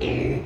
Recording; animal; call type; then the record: contact call of a hoofed animal; pig; closed-mouth grunt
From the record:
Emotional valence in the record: negative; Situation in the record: short social isolation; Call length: 0.46 s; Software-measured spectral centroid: 1400 Hz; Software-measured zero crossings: 1220 a second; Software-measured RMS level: -24 dBFS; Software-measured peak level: -13 dBFS